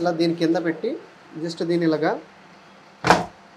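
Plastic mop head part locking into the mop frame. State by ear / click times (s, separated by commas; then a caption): seated / 3.1 s. A plastic mop head part is placed underneath and pressed down into the mop frame while someone talks. A sharp click at 3.1 s marks the part locking into place, and it is seated.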